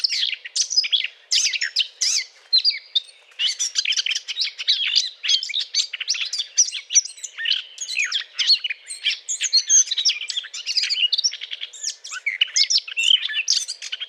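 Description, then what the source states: Eurasian blackcap song, an extended hurried warble of chattering and whistled notes, high and busy, continuing throughout. Courtship song; recorded 20 April 2009.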